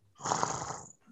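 A single rough, fluttering breath of under a second swells and fades, with a raspy, rattling texture. It is a cat's snore: the vibrating soft tissue of the airway during sleep breathing.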